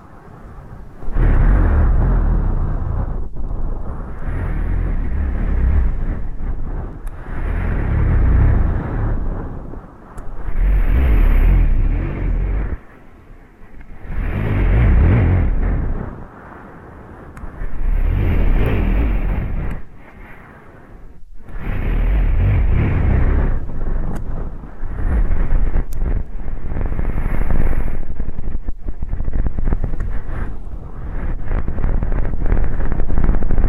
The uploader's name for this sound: ASMR 3D Deep Ear Canal & Eardrum Cleaning